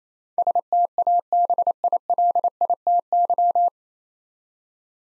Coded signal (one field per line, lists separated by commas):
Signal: Morse code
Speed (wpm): 28 wpm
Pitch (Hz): 700 Hz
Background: none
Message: STABILITY